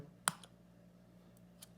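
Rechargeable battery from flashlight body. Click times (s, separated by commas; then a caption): 0.3 s. A rechargeable battery is released from the body of a Streamlight Stinger 2020 flashlight and pops right out with a sharp click at 0.3 s. Fainter ticks and a low steady hum follow.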